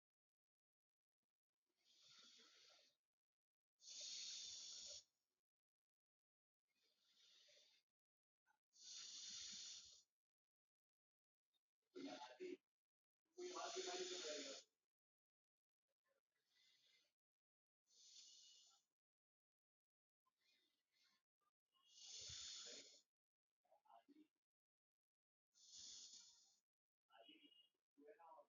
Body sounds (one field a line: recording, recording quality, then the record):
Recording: deep breathing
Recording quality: excellent, no background noise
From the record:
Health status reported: healthy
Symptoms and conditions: hypertension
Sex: male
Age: 52 years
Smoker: not ticked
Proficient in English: yes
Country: India